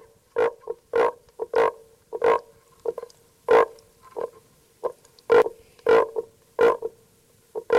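Common frog giving short, low grunting croaks in an uneven series, several per second at times, with brief pauses between bursts.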